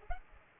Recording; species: mosquito wingbeat signal from an infrared sensor; Culex pipiens